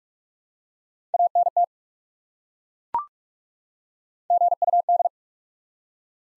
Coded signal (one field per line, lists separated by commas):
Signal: Morse code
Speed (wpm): 41 wpm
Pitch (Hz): 700 Hz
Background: none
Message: ANT GUD